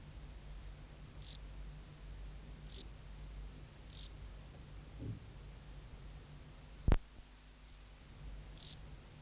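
Euchorthippus pulvinatus song: several faint, short, dry buzzy bursts at irregular intervals over low hum, with one sharp click.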